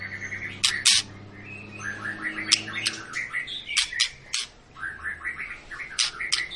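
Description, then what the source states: White-rumped shama song: sharp high clicks and chattering notes around mid pitch, with brief loud bursts. Long lure recording of an actively singing White-rumped shama, played to make other birds sing.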